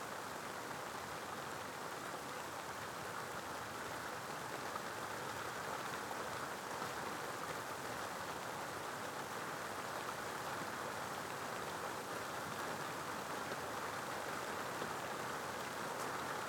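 Steady, dense rain pours through a night thunderstorm, a constant hiss with most of its weight in the middle and upper range. No rumbles or sudden bursts stand out; the level stays even for the whole sixteen seconds, with only a faint patter of individual drops.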